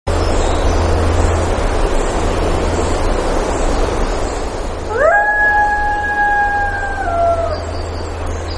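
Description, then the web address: Coyote howl: one long, steady, tonal note that swoops up at the start and slides down at the end, over constant rushing background noise. Recorded at Lake Clark, Alaska, on 3 July 2018 at about 06:06. "Coyotes. alaska. 20180703 060620"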